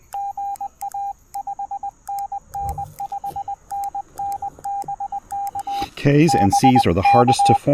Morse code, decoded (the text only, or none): GA 5NN 5NN BK BK